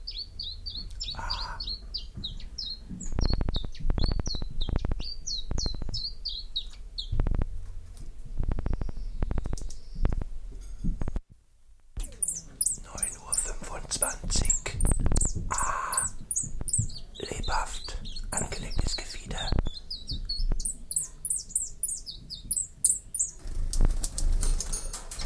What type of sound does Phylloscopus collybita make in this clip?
song